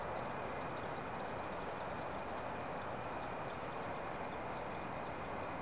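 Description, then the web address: Insects in chorus: continuous high buzzing hum, with a quick run of bright clicks in the first few seconds, then mostly the even drone. Insects calling in the late evening, rural South America. "BBC Sound Effects Library - Complete 60 CDs Collection Sound Effects Library-58 (Rural South America) Frogs And Insects, Late Evening"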